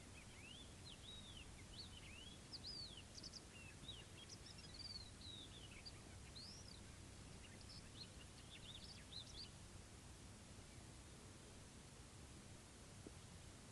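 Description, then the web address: Birds chirping and twittering, many short high rising and falling notes overlapping for about ten seconds, then quiet, over a steady low rumble. Morning at a desert camp in Morocco. "fvtt-sonniss-gdc-audio morocco-desert-camp-morning-birds"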